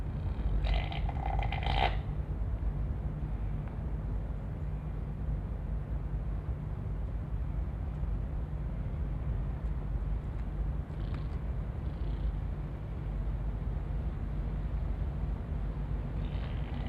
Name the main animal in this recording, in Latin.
Rupicapra rupicapra